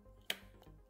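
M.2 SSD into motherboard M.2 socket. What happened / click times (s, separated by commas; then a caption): A small card snapped into its socket / 0.3 s. A Western Digital Black M.2 NVMe SSD, its notch lined up, is pushed into the motherboard's M.2 socket. One sharp, bright click sounds at 0.3 s, followed by a much fainter tick at 0.6 s over a low steady hum. The drive is seated in the socket.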